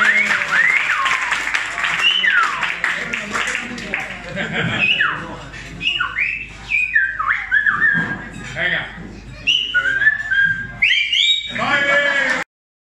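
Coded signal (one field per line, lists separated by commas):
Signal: whistled language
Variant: Silbo Gomero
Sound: loud sliding whistles rising and falling in pitch, interleaved with voices and squawks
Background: crowd chatter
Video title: El Silbo Gomero Demostración Restaurante Mirador Abrante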